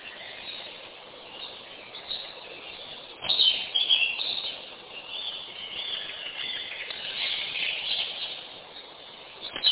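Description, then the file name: Bird chirping, with a louder flurry of high twittering after a few seconds over a steady hiss of background noise. "kunstradio voegel"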